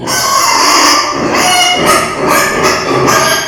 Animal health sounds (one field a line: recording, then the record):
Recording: squeal of a Yucatan mini pig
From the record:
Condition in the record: before surgery on the right vocal fold (resection and tissue-engineered implant)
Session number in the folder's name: 2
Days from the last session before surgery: 0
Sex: male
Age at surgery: 12 weeks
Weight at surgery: 13 kg